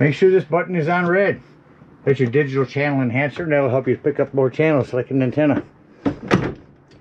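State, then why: Seated. Someone talks while a hand pushes the cover panel back into place over the digital channel enhancer (TV antenna booster) switch, with its button set to red, in the wall or cabinet of a 2023 Intech Sol Dawn Rover RV trailer. After a pause in the talking, a soft knock at 6.1 s leads to a sharp click at 6.3 s as the panel snaps back in and seats.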